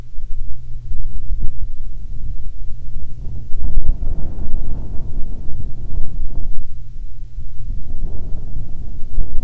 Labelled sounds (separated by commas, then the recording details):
wind
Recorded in the Prudhoe Bay oil fields, Alaska, on 7 August 2019 at 14:22
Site 17